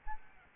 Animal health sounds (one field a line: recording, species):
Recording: mosquito wingbeat signal from an infrared sensor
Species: Aedes albopictus